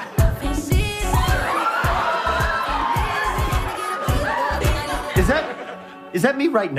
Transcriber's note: whooping